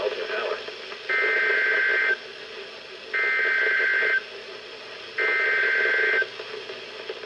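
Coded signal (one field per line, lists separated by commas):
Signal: Emergency Alert System (SAME) tones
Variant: header bursts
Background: speech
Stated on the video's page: Alerts from Kentucky, Virginia and West Virginia weather radio transmitters on 162.425–162.550 MHz, received on many weather radios.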